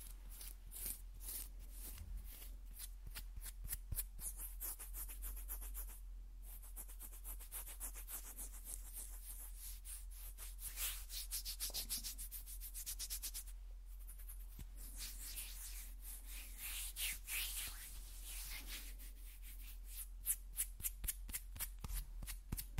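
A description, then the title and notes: Skin being scratched with fingernails in rapid, dense strokes that form a steady, crisp rasp, bright and hissy at the top. The strokes run almost continuously for the whole clip, easing briefly around six and fourteen seconds. A low, constant hum sits underneath. ASMR Skin Scratching 1 Hour (No Talking).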